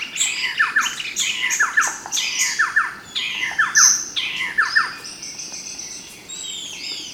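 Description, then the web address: Bird giving harsh, buzzy squawks in quick rough bursts, about one a second, with sharp downward-slurred notes underneath and a brief high whistle midway. "BIRD 2015 SABIOD 50 bird 2015"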